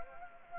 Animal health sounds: mosquito wingbeat signal from an infrared sensor; Anopheles gambiae

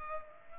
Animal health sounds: mosquito wingbeat signal from an infrared sensor; Culex pipiens

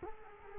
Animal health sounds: mosquito wingbeat signal from an infrared sensor; Culex quinquefasciatus

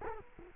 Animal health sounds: mosquito wingbeat signal from an infrared sensor; Culex quinquefasciatus

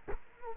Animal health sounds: mosquito wingbeat signal from an infrared sensor; Culex quinquefasciatus

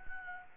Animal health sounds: mosquito wingbeat signal from an infrared sensor; Anopheles gambiae

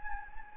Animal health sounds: mosquito wingbeat signal from an infrared sensor; Anopheles gambiae

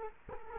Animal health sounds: mosquito wingbeat signal from an infrared sensor; Culex quinquefasciatus

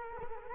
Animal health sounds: mosquito wingbeat signal from an infrared sensor; Culex quinquefasciatus

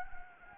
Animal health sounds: mosquito wingbeat signal from an infrared sensor; Anopheles gambiae

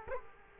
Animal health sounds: mosquito wingbeat signal from an infrared sensor; Culex quinquefasciatus

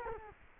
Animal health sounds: mosquito wingbeat signal from an infrared sensor; Culex quinquefasciatus

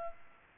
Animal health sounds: mosquito wingbeat signal from an infrared sensor; Culex pipiens

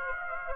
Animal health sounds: mosquito wingbeat signal from an infrared sensor; Aedes aegypti

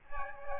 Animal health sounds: mosquito wingbeat signal from an infrared sensor; Aedes aegypti

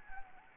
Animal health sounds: mosquito wingbeat signal from an infrared sensor; Anopheles gambiae

